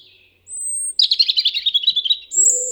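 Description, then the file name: European robin song: a long, thin, high whistle, then a rapid tumbling twitter of sweet notes, ending on another high whistle. "Erithacus rubecula"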